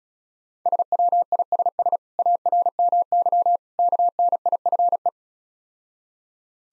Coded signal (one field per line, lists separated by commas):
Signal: Morse code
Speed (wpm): 36 wpm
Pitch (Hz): 700 Hz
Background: none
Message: SWISS ARMY KNIFE